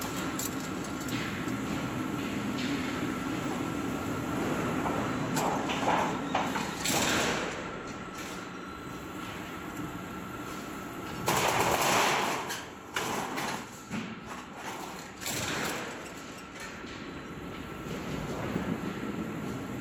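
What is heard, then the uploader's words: Corrugated steel sheet runs through a profiling machine with a steady mechanical grind and rumble throughout, plus a constant high whine. Louder bursts of metallic hiss and clatter come around 7 seconds and again from 11 to 16 seconds. Blue Corrugated Steel Sheet Profiling Process. It shows how to make corrugated steel sheet from PPGI plain sheets . The profiling process of corrugated sheet.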